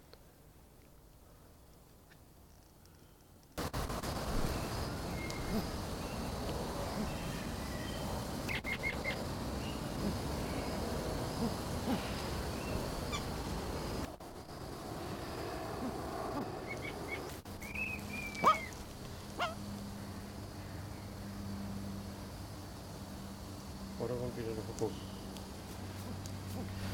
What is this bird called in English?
Great Curassow